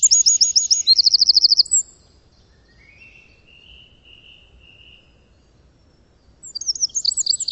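Bird song with brisk high trilled phrases at the start and end, separated by a faint thin whistled note in a quiet pause.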